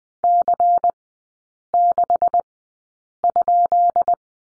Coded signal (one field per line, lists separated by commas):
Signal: Morse code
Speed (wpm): 20 wpm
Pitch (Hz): 700 Hz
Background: none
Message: C6?